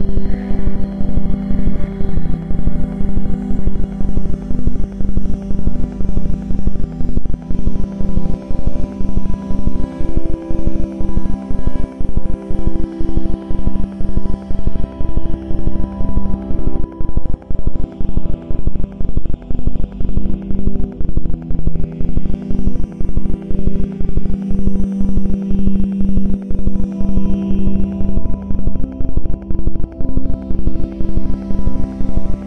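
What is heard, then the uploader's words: Binaural beats: a steady, low, droning hum made of several stacked tones, with fainter higher tones above. The sound dips briefly and regularly, about one and a half times a second, and one tone swells louder around 25 to 28 seconds. Binaural Beats mit 4-6 Hz.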